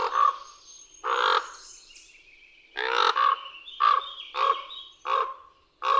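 Common raven croaking: two deep, rasping calls, a pause, then a quicker run of five shorter croaks.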